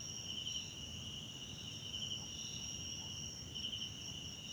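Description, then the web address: Crickets sustain a shrill two-toned trill with a few brighter pulsing bursts, above a continuous low rumble. South African crickets, background ambience recorded at night in a wetland park at Kosi Forest Lodge, South Africa. "Tonschliff - SOUTH AFRICAN CRICKETS BG South Africa Wetland Park Kosi Forest Lodge Night"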